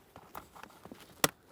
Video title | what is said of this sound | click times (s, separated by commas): How to Replace Right Main Temperature HVAC Blend Door Actuator 2007-2013 Acura MDX | Press it in, listen for a click. | 1.2 s